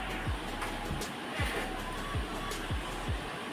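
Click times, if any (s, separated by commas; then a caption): none. A plastic part of a red Transformers Core Class Studio Series Deception Frenzy action figure is handled and pushed toward its locked position on the figure's body during transformation. Soft, low thumps recur over a steady broadband hiss. Nothing has seated or clicked yet.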